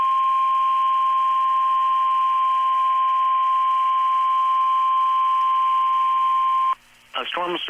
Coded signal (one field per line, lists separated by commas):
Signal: Emergency Alert System (SAME) tones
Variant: 1050 Hz attention tone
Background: speech